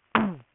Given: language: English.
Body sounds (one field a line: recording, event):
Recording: throat vibration sensor signal played as sound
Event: throat clearing